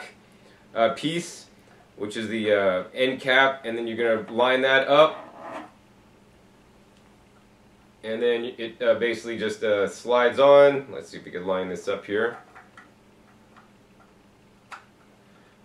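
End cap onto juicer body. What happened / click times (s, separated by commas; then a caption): The end cap is only being lined up, not yet seated / none. Someone talks while lining up the end cap of a masticating juicer over its auger housing, getting ready to slide it on and twist it to lock. Only quiet handling sounds are heard between the talking, and nothing has seated or clicked yet.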